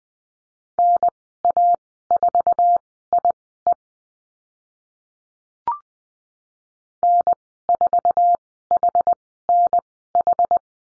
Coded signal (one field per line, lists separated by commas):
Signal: Morse code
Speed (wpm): 20 wpm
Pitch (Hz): 700 Hz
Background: none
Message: NA4IE N4HNH